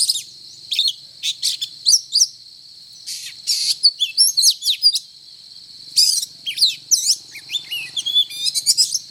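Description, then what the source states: Oriental magpie-robin pouring out energetic, varied whistles and rasping notes, with a brief lull before a dense final flurry of sweeping phrases. Indonesian name kacer; described as gacor, meaning singing energetically and incessantly.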